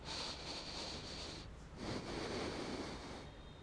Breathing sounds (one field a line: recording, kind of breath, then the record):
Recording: one breath in and out by a microphone near the nose and mouth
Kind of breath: deep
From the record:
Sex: male